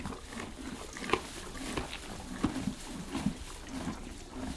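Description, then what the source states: Horses eating: irregular crunching and chewing with dry rustling, soft low thumps and a few sharper clicks scattered through. Canadian horses eating hay, recorded from far as ambience.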